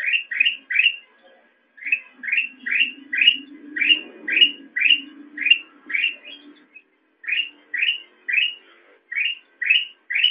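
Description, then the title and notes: Sooty-headed bulbul sounding quick rising chirps in short runs, pausing briefly between runs, while a soft low rumble swells in the middle. Used for training songbirds (masteran). "suara burung kutilang buat masteran"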